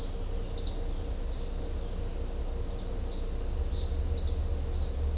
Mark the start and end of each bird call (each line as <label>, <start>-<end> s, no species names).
bird call, 0.52-0.76 s
bird call, 1.28-1.49 s
bird call, 2.69-3.32 s
bird call, 4.14-4.33 s
bird call, 4.71-4.92 s